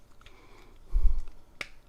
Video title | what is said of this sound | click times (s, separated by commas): Transformers Earthrise WFC Decepticons Ramjet and Dirge Amazon exclusive and Hotlink GIVEAWAY!!! | nice and snug you can hear that little click | 1.6 s